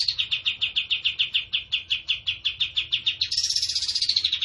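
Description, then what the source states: Bird song: a steady series of sharp chirped notes, about six per second for three seconds, then switching to a faster, higher, buzzier trill. Masteran recording for training cage birds: energetic 'gacor' song in the rapid-fire 'tembakan' style.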